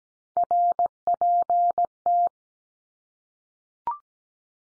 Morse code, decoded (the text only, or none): RPT